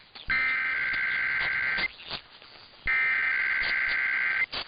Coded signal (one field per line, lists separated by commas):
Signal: Emergency Alert System (SAME) tones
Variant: header bursts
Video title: KDKA Weekly Test + Amplify Theme (EAS #1276)